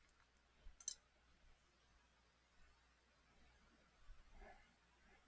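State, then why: Seated. A part of a resin or plastic miniature figure is pressed into its mounting socket on the figure during assembly. A small, sharp click is heard at 0.9 s, followed by quiet handling noises. The click is taken to mean the part is seated where it should go.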